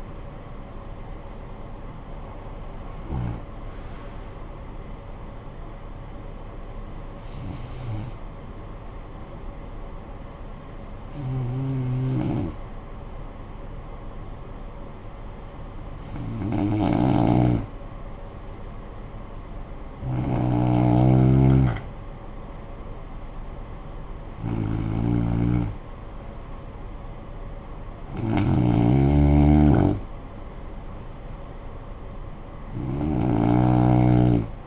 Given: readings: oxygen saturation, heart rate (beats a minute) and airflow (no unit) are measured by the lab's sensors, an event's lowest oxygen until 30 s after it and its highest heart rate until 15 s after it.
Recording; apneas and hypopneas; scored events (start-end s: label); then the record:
breathing in sleep by a smartphone at the bedside; 1
7.00-20.90 s: hypopnea (N2, oxygen 95% highest, then 92% lowest, heart rate 61 at the start, 62 highest)
From the record:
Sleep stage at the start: N2 (light sleep); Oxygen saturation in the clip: 92 to 95%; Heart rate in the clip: 53 to 62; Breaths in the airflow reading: 8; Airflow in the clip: -16.1 to 10.1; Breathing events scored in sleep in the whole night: 445 in 7.6 hours asleep